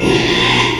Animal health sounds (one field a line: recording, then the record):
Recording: squeal of a Yucatan mini pig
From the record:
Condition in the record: after surgery on the right vocal fold (resection and tissue-engineered implant)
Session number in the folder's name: 1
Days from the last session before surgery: 6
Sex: male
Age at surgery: 12 weeks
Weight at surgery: 13 kg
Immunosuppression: cyclosporine, prednisolone